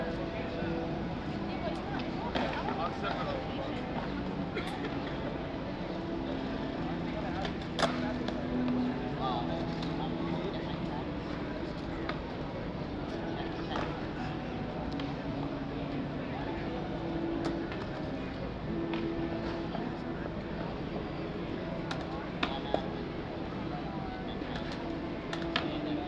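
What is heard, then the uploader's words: Washington Square Park, with a steady crowd murmur of overlapping voices filling the whole stretch. A low rumble of traffic runs underneath, and brief sharp clicks and knocks pop out now and then, notably near 8, 17 and 22 seconds. Washington Square Park.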